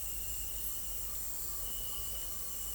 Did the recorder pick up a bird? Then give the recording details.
no. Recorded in secondary vegetation near Puerto Asís, Putumayo, Colombia, on 21 December 2024 at 18:00. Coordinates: 0.468, -76.324. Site G095